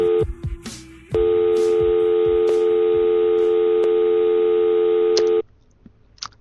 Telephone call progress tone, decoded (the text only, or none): dial tone